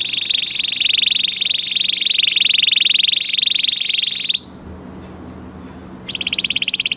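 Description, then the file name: Canary singing a sustained fast rattling trill for over four seconds, then a short quiet pause before another bright trill starts. "Canary Voice"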